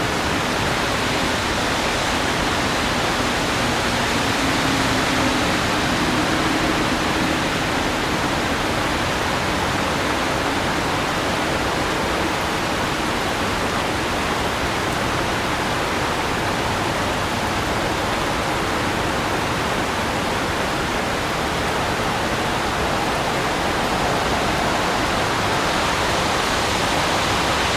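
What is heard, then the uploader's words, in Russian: Unrelenting heavy rain pours over central London, a dense, even hiss with a low rumble and a faint passing hum early on. Городской ливень. В этом эпизоде мы записали неустающий ливень в центре Лондона. Это 22:00, и дождь льёт как из ведра. Тем не менее, эти звуки заглушены стойким и ритмичным шумом дождя.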